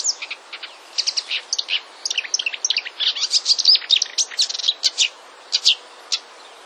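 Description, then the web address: Marsh warbler song, a continuous, fast medley of sharp chirps, whistles and buzzy notes, thinning out toward the end. "wroblowe kolekcja lozowka"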